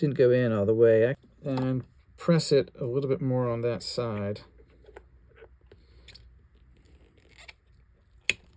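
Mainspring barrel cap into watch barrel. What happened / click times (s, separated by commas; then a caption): The small metal cap snapped fully home / 8.3 s. Someone talks while pressing down the mainspring barrel cap of a 1964 Movado Kingmatic watch on the side where it was flanging up, because the cap had not gone in all the way. After the talking, a few faint ticks of handling are heard. At 8.3 s a sharp snap sounds as the cap seats fully into the metal barrel.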